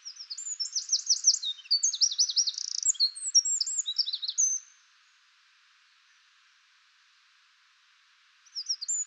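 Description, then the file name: Eurasian wren song of vigorous high trills and twitters for over four seconds, silence, then the start of another song near the end. "Troglodytes troglodytes"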